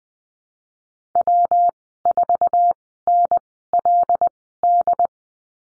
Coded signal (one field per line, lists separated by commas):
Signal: Morse code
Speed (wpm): 20 wpm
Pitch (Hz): 700 Hz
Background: none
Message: W4NLD